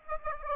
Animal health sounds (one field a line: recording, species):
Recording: mosquito wingbeat signal from an infrared sensor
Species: Aedes aegypti